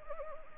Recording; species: mosquito wingbeat signal from an infrared sensor; Anopheles gambiae